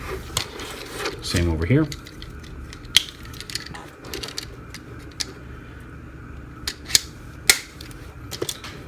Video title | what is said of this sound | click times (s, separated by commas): Make Toys - MTCM-04C VULCAN | And you want to push it in until it snaps. | 0.4 s